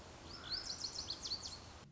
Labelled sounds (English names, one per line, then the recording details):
Lazuli Bunting
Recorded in Sonoma County, California